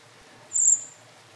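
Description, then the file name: Common blackbird giving a single thin, high, drawn-out whistle lasting about a third of a second, with nothing else audible but faint background hiss. "Turdus merula"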